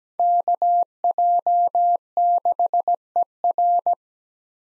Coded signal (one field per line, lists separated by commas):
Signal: Morse code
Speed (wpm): 17 wpm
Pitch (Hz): 700 Hz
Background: none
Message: KJ6ER